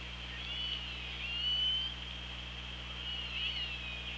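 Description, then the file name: Killer whale calls, drawn-out tonal notes near one pitch that rise and waver slightly, with a second call near the end over steady underwater hiss and low hum. Recorded on the OrcaLab hydrophone, 24 August 2017, 16:50. "Orca Lab UTLN JASON 20170824 165025"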